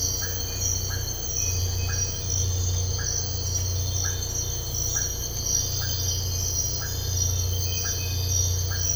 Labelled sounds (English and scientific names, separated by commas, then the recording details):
none
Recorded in dense forest near Puerto Asís, Putumayo, Colombia, on 13 March 2025 at 05:00
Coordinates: 0.468, -76.322
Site GP01